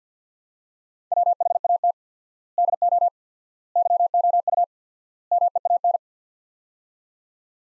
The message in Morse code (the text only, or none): WHAT DO YOU MEAN